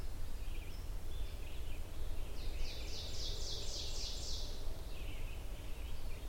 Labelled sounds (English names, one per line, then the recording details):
Ovenbird song
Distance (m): 60 m
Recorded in boreal forest in Alberta, Canada, on 22 June 2016 at 06:37
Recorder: SongMeter 3, array SBT-6-76
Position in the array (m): 165 m, 135 m
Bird 3